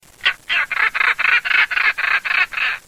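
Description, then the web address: European roller giving a series of about ten harsh, grating squawks in quick succession, each broad and noisy, delivered at a steady rhythm. "sound Coracias garrulus"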